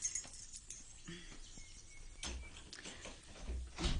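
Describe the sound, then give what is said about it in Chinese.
A key scrapes and clicks in the lock of the door of a large house, with a few small metallic rattles, then the door is pushed open with a soft, low thud and a final clatter. No one speaks. “等我攞条锁匙出嚟开门先。”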